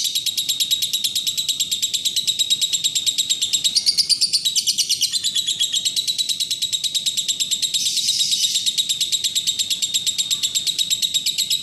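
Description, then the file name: Lovebird giving a long, dense, unbroken chatter of fast buzzy high notes, swelling slightly in loudness twice. Long continuous "ngekek" chatter. "lovebird golden boy ngekek panjang. omkicau"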